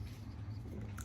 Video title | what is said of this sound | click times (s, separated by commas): Coffee With Coach Mike - Sponsored | pops right in super cool feature | 1.0 s